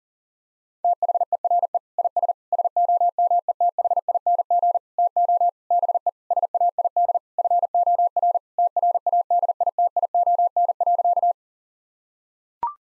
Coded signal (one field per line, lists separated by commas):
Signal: Morse code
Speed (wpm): 37 wpm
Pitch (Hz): 700 Hz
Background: none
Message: THERE IS SOMETHING TO BE SAID FOR TRADITION.